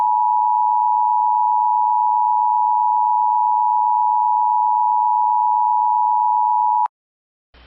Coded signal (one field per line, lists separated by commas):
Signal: Emergency Alert System (SAME) tones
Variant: 853 and 960 Hz attention tone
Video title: A Remastered EAS scenario: The Object Flags